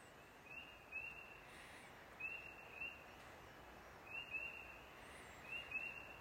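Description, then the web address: Frogs calling in short, high trilled bursts, single or paired, every second or two, over a steady hiss of background noise. Recorded 10 April 2023. "Frogs. scripting news"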